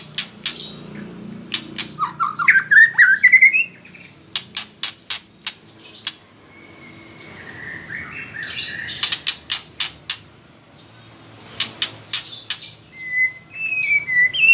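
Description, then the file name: White-rumped shama song: clusters of loud, sharp clicks alternate with short rising warbled phrases and a thin trilling whistle near the end, over a low background hum. Female. "murai batu betina"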